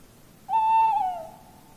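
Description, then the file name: Tawny owl uttering one even hoot that drops slightly before fading, with nothing else audible. "lehtopollo"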